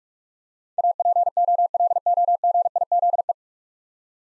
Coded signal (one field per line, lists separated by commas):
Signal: Morse code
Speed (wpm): 46 wpm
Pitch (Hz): 700 Hz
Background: none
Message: APOLOGIZE